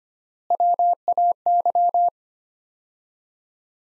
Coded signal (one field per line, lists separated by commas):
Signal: Morse code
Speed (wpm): 25 wpm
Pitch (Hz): 700 Hz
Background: none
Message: WAY